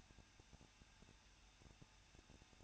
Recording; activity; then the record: daily activity, microphone in the room; no activity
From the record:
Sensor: 2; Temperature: 21.0 degrees Celsius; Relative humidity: 37.5%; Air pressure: 1006.3 hPa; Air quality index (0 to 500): 223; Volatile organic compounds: 25 ppm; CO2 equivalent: 2830 ppm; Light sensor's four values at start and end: 2/3/2/2 and 2/3/2/2